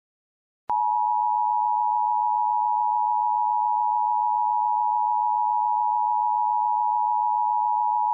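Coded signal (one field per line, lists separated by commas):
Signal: Emergency Alert System (SAME) tones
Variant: 853 and 960 Hz attention tone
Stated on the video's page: Recreation of a hazardous materials warning for a gas cloud, with valid EAS tones.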